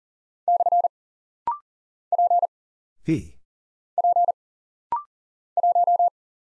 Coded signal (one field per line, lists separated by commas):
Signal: Morse code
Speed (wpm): 40 wpm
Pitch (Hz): 700 Hz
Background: none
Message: / P P 1